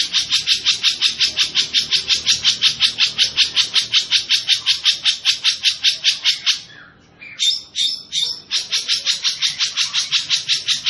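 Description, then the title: Long-tailed shrike song: a fast run of evenly spaced harsh chattering notes, broken by a brief pause and a few irregular notes before the rapid series resumes. Singing vigorously. "Cendet Gacor"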